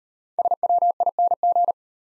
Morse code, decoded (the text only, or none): SWING